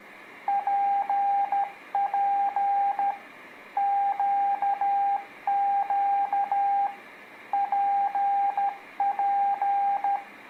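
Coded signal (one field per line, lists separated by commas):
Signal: Morse code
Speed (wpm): 13 wpm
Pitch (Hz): 800 Hz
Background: radio noise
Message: PP QQ PP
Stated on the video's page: Beginner Morse code practice cartoon for kids covering letters P, Q, R, S and T.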